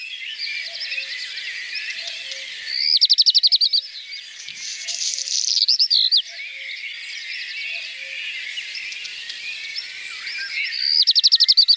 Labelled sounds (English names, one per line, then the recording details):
Black Redstart song
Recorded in the wild
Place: Wasenweiler am Kaiserstuhl, Baden-Württemberg, DE
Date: 1983-05-15
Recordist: Schwarz, Dieter